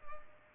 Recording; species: mosquito wingbeat signal from an infrared sensor; Culex pipiens